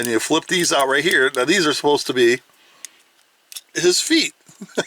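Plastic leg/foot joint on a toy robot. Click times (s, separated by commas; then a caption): 2.9 s, 3.5 s. Someone talks while flipping out the plastic leg and foot parts of a small 2002 Transformers Armada McDonald's Happy Meal toy robot. In a quiet gap, two sharp plastic clicks at 2.9 s and 3.5 s mark the parts popping into place, and then the talking resumes.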